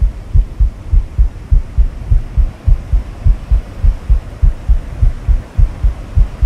Baby Sleep Womb Sound. Relaxing Heartbeat For Babies.